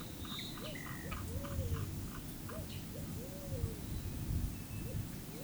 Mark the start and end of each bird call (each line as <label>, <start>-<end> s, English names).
Slaty-headed Tody-Flycatcher, 0.00-1.09 s
Pale-vented Pigeon, 0.59-5.44 s